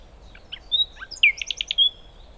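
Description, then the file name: Common nightingale song: scattered soft notes, a clear whistle, then a quick burst of bright, repeated piping notes closing with a whistle. "Luscinia megarhynchos"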